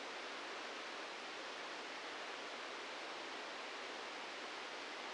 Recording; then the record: brain microelectrode recording played as sound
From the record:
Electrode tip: outside the subthalamic nucleus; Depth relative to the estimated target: 4 mm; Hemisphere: right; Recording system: NeuroSet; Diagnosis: Parkinson's disease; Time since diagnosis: 7 years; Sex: male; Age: 44 years